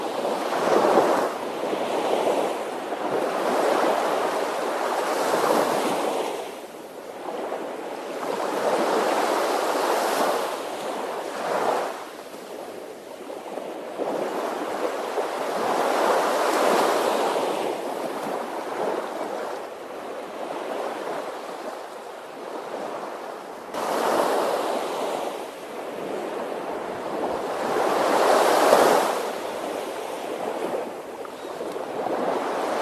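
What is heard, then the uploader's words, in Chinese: Sea waves lap gently and continuously, swelling and easing every few seconds in soft, overlapping washes. The sound is mid-pitched and hissy with little low rumble, slightly louder around 16 and 28 seconds, and a light wind noise sits underneath. 远离喧嚣的海浪声。宁静的海滨夜晚。海浪的轻拍声。海水悄无声息地拥抱着沙滩，带来一阵阵悠远的涟漪声。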